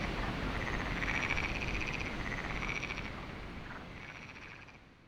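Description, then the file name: Frogs trilling in a pulsing chorus of buzzy, rapid notes under heavy rushing wind, the sound slowly fading toward the end. Frogs at Lagoa do Canário, recorded with wind; binaural recording. "Lagoado Canario frogs"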